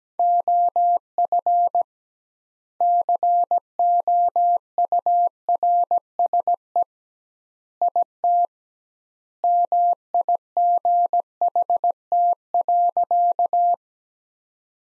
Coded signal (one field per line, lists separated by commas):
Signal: Morse code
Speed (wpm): 17 wpm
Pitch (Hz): 700 Hz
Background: none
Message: OF COURSE IT MIGHT.